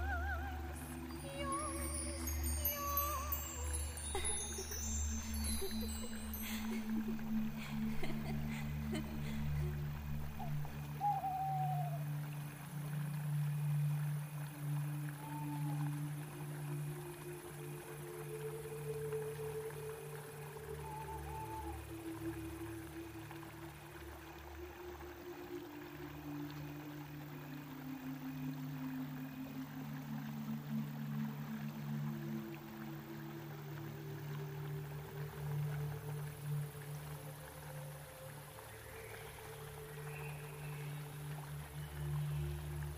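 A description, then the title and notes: Soft, steady humming and wordless singing drift through slow, sustained low tones that swell and fade across the whole stretch, over a constant hiss of flowing water. A few brief bright chirps and twinkling sounds appear near the start, with fainter high glints later. Birds/Owl. Water fall. Elven village ambience |soft humming&singing. Reading poem. Water flow.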